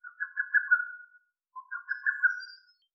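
Lesser cuckoo giving two quick stammering whistled phrases, each a rapid run of notes lasting about a second, separated by a brief pause.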